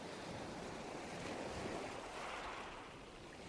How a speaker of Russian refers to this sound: Мелкий снег припорошил палубу и продолжал медленно парить в свете фонарей и гирлянд. И шум волн, как будто они расправляли крылья за спиной юноши.